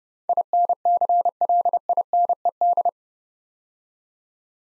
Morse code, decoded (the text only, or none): INCLINED